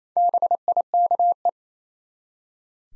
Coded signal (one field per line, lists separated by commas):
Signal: Morse code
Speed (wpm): 28 wpm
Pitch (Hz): 700 Hz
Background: none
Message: BIKE